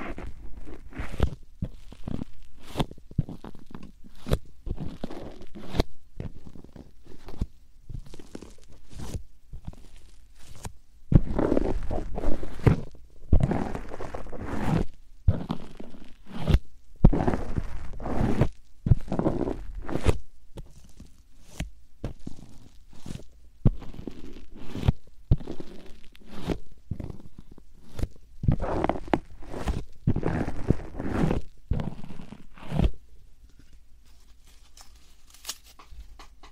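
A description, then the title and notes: Short soft puffs come in an irregular string, roughly one or two a second, each a brief breathy burst weighted toward the low end. They grow louder and more crowded through the middle stretch, then thin out and fade toward the end. 말없이 3가지의 퍼프로 귀를 토닥토닥 해드려요 puff sound.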